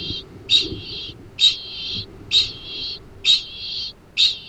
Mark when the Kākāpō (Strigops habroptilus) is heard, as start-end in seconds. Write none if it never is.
0.00-4.48